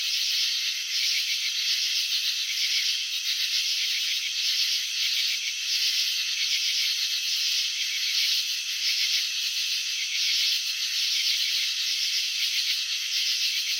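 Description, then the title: Cricket chirps as a steady, rasping high-pitched pulsing, bursts swelling and fading in a loose, ongoing rhythm without pause. Crickets chirping, filmed in slow motion showing wing vibrations and antenna movements. "Crickets in Slow Motion 📷. Capturing the Elegance of Chirping"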